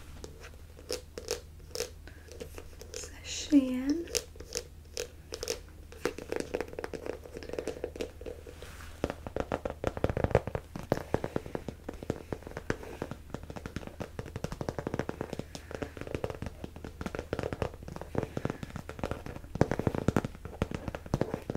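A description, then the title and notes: Fabric is scratched in quick, uneven strokes, giving a dense crackle of sharp scratchy clicks that grows busier and louder after about nine seconds. A low steady hum runs underneath for the first half, and a brief swooping squeak sounds near the three-second mark. ASMR Fabric Scratching (SHEIN Clothing Try-On Haul).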